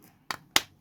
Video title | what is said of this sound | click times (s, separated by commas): CHRYSLER 300C 3 BUTTON REMOTE KEY FOB BATTERY CHANGE REPLACEMENT #TIKTOK #CAR #SHORT #AUTOMOTIVE | There you go. A nice click and it goes in. | 0.3 s, 0.6 s